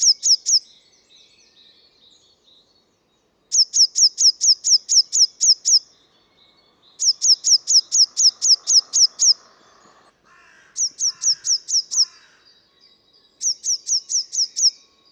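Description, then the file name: Eurasian blue tit song: bursts of six to ten high, rapid, even notes repeated every few seconds, with some lower, softer sounds in the middle. "Cyanistes caeruleus"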